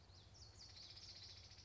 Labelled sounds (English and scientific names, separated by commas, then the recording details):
Common Yellowthroat (Geothlypis trichas)
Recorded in Sonoma County, California